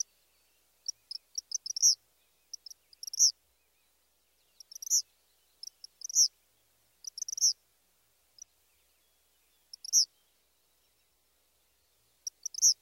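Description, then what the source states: Eastern Kingbird singing thin, high, spark-like notes in short stuttering clusters with punctuated louder accents, spaced by brief silences. High-pitched song, repeated; variable notes likened to electrical sparks jumping between wires, stuttered quality with punctuated accents.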